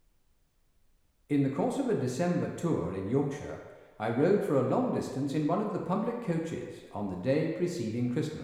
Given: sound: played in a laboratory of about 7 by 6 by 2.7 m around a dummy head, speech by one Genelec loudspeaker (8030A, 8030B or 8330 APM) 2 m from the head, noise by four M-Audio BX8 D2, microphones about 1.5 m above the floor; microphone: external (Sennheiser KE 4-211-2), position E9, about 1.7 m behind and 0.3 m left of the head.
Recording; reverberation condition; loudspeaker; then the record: male speech in English; high; 150 degrees to the left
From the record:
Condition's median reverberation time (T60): about 1300 ms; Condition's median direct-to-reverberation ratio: about -4.0 dB